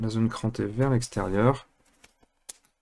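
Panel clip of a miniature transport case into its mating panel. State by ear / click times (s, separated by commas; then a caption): seated / 2.5 s. Someone talks while fitting a panel piece of a miniature transport case into its mating panel, curved side facing in and notched side facing out. After the talking stops, faint small taps lead to a sharp click at 2.5 s. The panel clip snaps into place and is seated.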